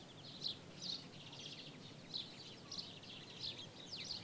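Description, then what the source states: Birds giving bright chirps and trills against a steady background hiss. Birds in daytime ambience in Jerez, Spain.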